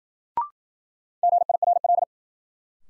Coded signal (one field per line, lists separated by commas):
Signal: Morse code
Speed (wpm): 52 wpm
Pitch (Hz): 700 Hz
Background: none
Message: GIRL